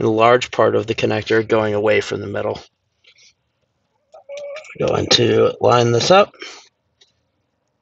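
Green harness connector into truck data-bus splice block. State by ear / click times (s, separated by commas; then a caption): not seated / none. Someone talks while a second green plastic harness connector is lined up with an empty spot on a truck J1939 data-bus splice block for an aftermarket telematics system, with faint handling ticks and a soft tick near 7.0 s. The clip ends before the connector goes home, so nothing has seated or clicked yet.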